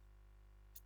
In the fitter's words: this get locked.